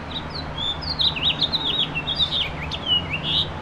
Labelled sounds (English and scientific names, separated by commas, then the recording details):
House Finch (Haemorhous mexicanus) song
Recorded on Long Island, New York, on 7 June 2011
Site MV
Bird A